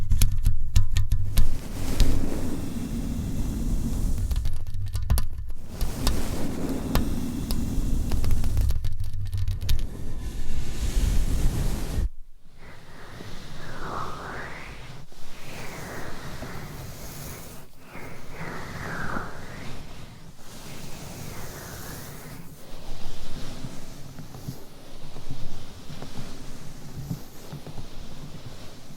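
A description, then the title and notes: Scratching and tapping with massage-like rubbing. For the first twelve seconds a loud, dense, rough rubbing with a heavy low rumble fills the sound, breaking off briefly twice. It then drops to quieter scratches and scattered taps and swishes at irregular intervals. Changing Triggers Every 30 Seconds Scratching , Tapping , Massage & More No Talking.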